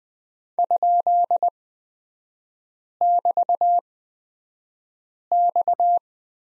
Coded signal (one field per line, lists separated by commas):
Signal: Morse code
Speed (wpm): 20 wpm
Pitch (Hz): 700 Hz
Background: none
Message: ?<BT>X